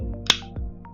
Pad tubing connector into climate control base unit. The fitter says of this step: And it snaps into place. And you'll hear it snap.